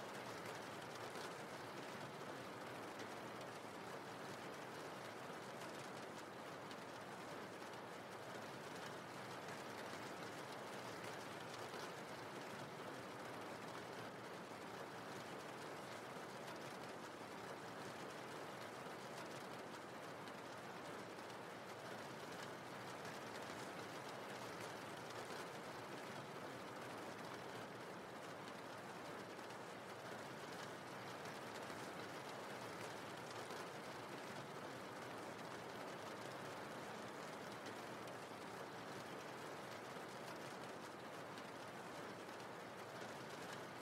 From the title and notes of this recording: RAIN SOUNDS.